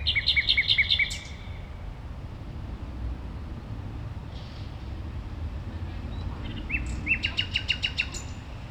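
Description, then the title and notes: Common nightingale song: a fast run of repeated notes opens, then a pause with low traffic rumble, then a rising note leading into another rapid repeated series. Singing at a playground on Gartenstraße in the Mitte district of Berlin, Germany. "nachtigall in der gartenstraße. Mitte, Berlin, Germany. eine nachtigall am spielplatz gartenstraße"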